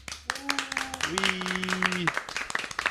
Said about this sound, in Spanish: Y en primera posición, empatados, empatadísimos además, Manux y Talskar. ¡Un aplauso!